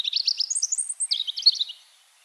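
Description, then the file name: European robin song: rapid high trilled notes and thin higher notes, then a second jumbled twittering burst, then silence. "Erithacus rubecula"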